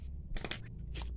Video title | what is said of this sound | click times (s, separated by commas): Penyebab Beat Karbu tarikan berat,tidak bertenaga.-- Ciri" vacum karbu bocor. | ini sudah terkunci ya untuk jalurnya kita | 0.4 s, 0.5 s